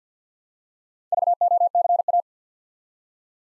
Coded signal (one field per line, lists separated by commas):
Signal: Morse code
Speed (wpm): 48 wpm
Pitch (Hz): 700 Hz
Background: none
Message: VOCA